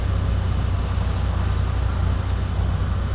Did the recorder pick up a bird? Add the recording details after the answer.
no. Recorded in pastures near Puerto Asís, Putumayo, Colombia, on 20 December 2024 at 10:30. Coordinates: 0.466, -76.322. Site G040